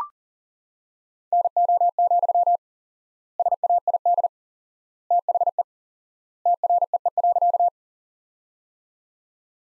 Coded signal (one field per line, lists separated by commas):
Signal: Morse code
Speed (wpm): 40 wpm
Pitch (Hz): 700 Hz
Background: none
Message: NO, SAID THE TREE.